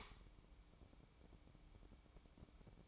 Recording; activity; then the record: daily activity, microphone in the room; light on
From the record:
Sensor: 1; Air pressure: 1007.9 hPa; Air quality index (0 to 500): 125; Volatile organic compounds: 2 ppm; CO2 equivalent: 1056 ppm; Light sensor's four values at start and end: 9/23/9/10 and 14/39/15/17